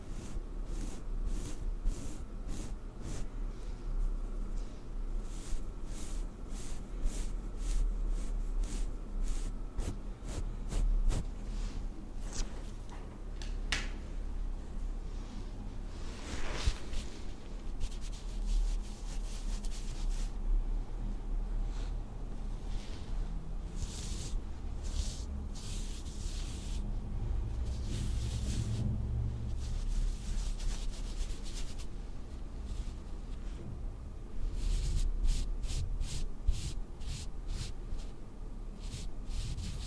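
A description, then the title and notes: Makeup being applied close up, as if to your own face: quick, repeated brushing and rubbing strokes, bunched into fast runs early on and again near the end, with sparser strokes between. A steady low rumble sits underneath throughout. ASMR First person Makeup On Your Face(No Talking).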